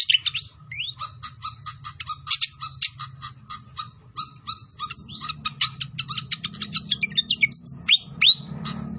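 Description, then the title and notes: Pied fantail song: a series of crisp chirps ending in slurred whistles, over soft running water. Masteran training of a clear song mixed with the sound of flowing water. "Masteran Sikatan Kipas Suara Jernih Dan Suara Gemericik Air. Suara Burung Sikatan Londo"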